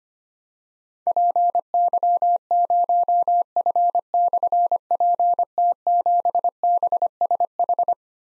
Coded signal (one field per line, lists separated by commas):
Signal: Morse code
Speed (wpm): 25 wpm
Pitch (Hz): 700 Hz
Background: none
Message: PY0F/PT7BSH